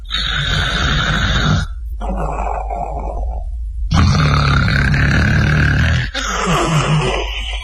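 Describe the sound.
A storyteller imitates the loud, thunderous snoring of the character Li Kui: four long, growly, rasping breaths in a steady rhythm, separated by brief pauses, rough and throaty throughout.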